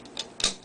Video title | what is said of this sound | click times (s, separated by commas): Clickeasy saizen 8mg VN | once you hear the click the seal has been broken | 0.4 s